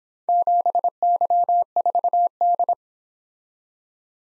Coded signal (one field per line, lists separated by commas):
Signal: Morse code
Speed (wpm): 26 wpm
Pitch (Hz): 700 Hz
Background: none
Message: 7Y4D